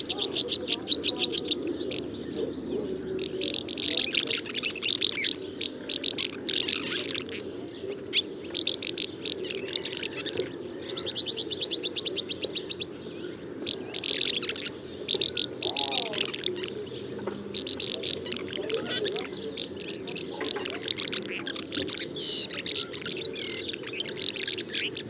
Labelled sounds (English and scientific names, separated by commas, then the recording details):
Common House Martin (Delichon urbicum)
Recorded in the wild
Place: Schönfeld, Brandenburg, DE
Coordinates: 53.396, 14.006
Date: 1993-05-16 17:44
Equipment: Nagra III BH, Sennheiser MD 21, parabola
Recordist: Schubert, Michael